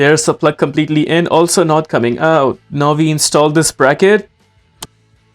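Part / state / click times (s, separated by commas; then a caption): trim bracket into door at side mirror mount / seated / 4.8 s. A plastic trim bracket is pushed into the door at the side mirror mount of a 2017-2022 Honda CR-V while someone talks. After the talking stops, one short sharp snap is heard at 4.8 s. The bracket is seated and confirmed not coming out.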